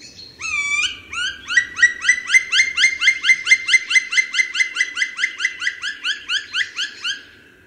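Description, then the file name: European green woodpecker laughing call, a long fast series of many loud ringing notes, fading toward the end. "Dzięcioł zielony"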